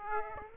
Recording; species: mosquito wingbeat signal from an infrared sensor; Aedes aegypti